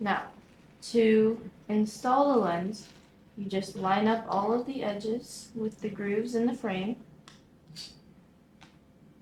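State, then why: Seated. A replacement lens for Oakley Plaintiff Square OO4063 sunglasses is lined up with the grooves of the frame and pressed in while someone talks. Two sharp, short clicks follow at 7.3 s and 8.6 s as the lens snaps into the frame and seats.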